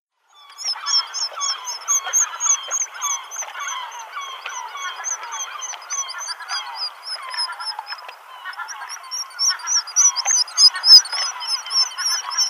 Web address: Schulze Peter Black Guillemot song